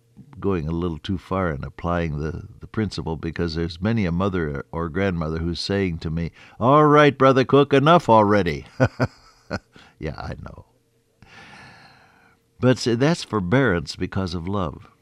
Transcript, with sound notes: going a little too far and applying the principle because there’s many a mother or grandmother who’s saying to me, “Alright, Brother Cook, enough already.” [chuckle] Yeah, I know. But that’s forbearance, because of love.